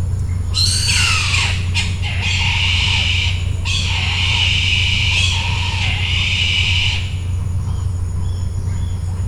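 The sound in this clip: Bird repeatedly squawking, several long raspy outbursts in quick succession, then quieter, all above a continuous low hum.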